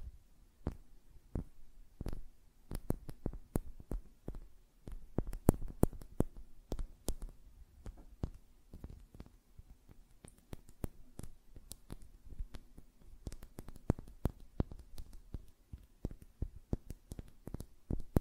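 Fingernails tap in quick, irregular bursts, sharp dry clicks that crowd together in flurries and then thin out for a moment. The taps are crisp, some brighter than others, over a faint low hum that stays steady throughout.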